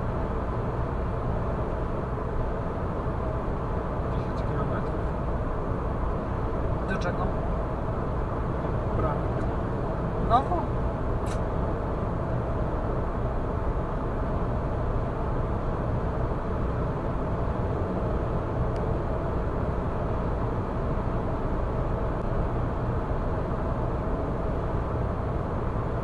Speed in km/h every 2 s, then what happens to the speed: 106, 105, 105, 105, 105, 105, 105, 105, 105, 105, 105, 105, 105.
0-26 steady at about 105.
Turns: none.